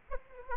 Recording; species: mosquito wingbeat signal from an infrared sensor; Aedes aegypti